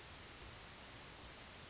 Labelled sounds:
California Towhee (Melozone crissalis)
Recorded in Sonoma County, California

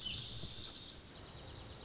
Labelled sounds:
Lazuli Bunting (Passerina amoena)
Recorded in Sonoma County, California

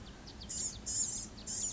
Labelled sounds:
Blue-gray Gnatcatcher (Polioptila caerulea)
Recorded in Sonoma County, California

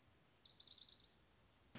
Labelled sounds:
Orange-crowned Warbler (Leiothlypis celata)
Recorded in Sonoma County, California

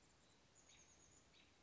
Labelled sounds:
Chestnut-backed Chickadee (Poecile rufescens)
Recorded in Sonoma County, California

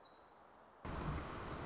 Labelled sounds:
Black-throated Gray Warbler (Setophaga nigrescens)
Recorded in Sonoma County, California

